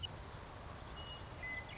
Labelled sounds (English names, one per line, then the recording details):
Western Meadowlark
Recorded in Sonoma County, California